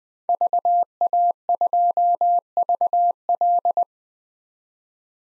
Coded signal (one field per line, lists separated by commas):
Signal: Morse code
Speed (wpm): 21 wpm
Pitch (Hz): 700 Hz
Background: none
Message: VA2VL